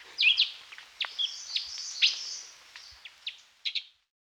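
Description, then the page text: Lesser racket-tailed drongo song, a varied series of sharp metallic notes, short whistles and harsh chips, delivered irregularly, ending abruptly. "Lesser Racket-Tailed Drongo Song. Quick Sounds"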